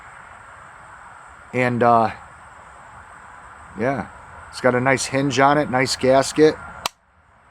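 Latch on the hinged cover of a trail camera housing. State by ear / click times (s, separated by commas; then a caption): seated / 6.9 s. Someone talks about a Wildgame Cloak Pro trail camera, whose hinged front cover has a gasket, and then closes the cover. Its plastic latch snaps shut with a sharp click at 6.9 s, and the latch is seated.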